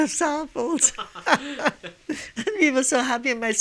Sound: they laugh

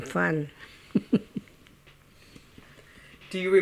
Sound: she laughs

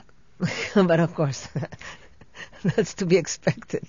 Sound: she laughs

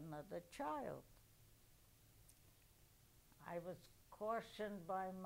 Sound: none

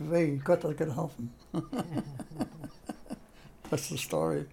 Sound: chuckles

